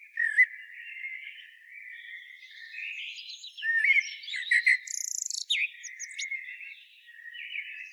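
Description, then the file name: Common blackbird giving low fluted whistles, broken midway by a rapid, buzzy high twitter, then returning to soft warbling whistles. "Turdus merula"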